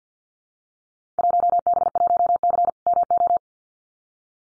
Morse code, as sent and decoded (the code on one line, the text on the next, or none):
.---- -... .---- -.-. / -- ---
1B1C MO